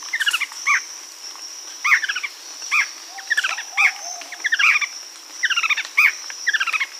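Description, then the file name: Bird gives quick clusters of sharp, downward-slurred chips, repeated irregularly throughout, with a constant thin high-pitched drone behind. "SABIOD 50 bird 2015"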